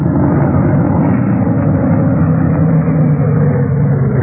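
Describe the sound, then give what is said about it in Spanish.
Calimán's sports car engine rumbles low and steady, holding an even, loud drone for several seconds as the car comes to a stop at night in the village of Rinley, with no voices over it. “Ya de noche, cuando Calimán regresaba a Rinley, las sombras envolvían las viejas casas del pueblo y el auto sport de Calimán se detuvo.”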